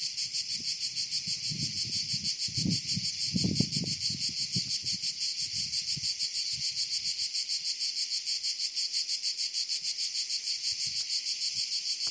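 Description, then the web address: Cicada song, a loud continuous high-pitched buzz pulsing several times a second throughout, with some low thumping noises in the first half. "chicharras"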